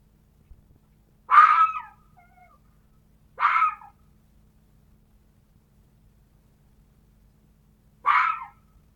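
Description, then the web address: Red fox barking three times: two rough calls close together, then a pause of over four seconds before the last. "glos lisa"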